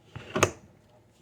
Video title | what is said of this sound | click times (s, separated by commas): My First Milatary History Collection so Far! | hear that click | 0.4 s